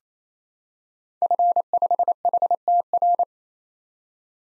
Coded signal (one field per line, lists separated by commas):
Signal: Morse code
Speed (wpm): 28 wpm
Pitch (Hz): 700 Hz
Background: none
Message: F5HTR